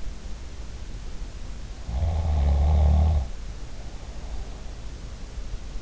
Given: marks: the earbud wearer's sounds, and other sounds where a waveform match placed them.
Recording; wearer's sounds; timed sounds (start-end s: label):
sounds in sleep by an in-ear microphone; snoring breath
1.83-4.63 s: snoring breath